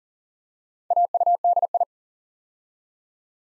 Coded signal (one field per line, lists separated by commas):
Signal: Morse code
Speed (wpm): 42 wpm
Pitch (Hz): 700 Hz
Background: none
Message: AUDI